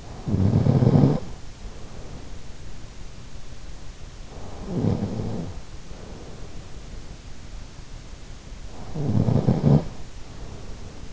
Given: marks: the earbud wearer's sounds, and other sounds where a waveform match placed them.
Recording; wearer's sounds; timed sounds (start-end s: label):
sounds in sleep by an in-ear microphone; snoring breath
0.00-2.61 s: snoring breath
4.19-7.05 s: snoring breath
8.61-11.13 s: snoring breath